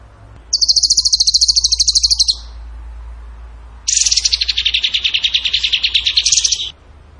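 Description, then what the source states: Bird song made of two rattling trills, the first high and even, the second longer, buzzier and dropping slightly in pitch. Bird song in the tembakan gacor style, used as masteran (training for other birds).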